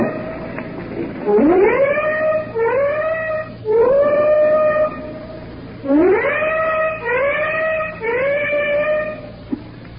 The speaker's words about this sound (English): Our own ship has just gave its warning whistles, and now the flak is coming up in the sky in streamers from the warships behind us.